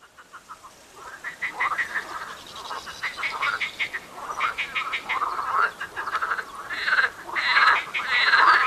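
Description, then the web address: Marsh frog chorus building from soft scattered pulses into loud, rapid rattling croaks from several frogs, growing stronger toward the end. Frogs calling at the Tävsmoor. "seefrosch. rufen jetzt die froesche im taevsmoor"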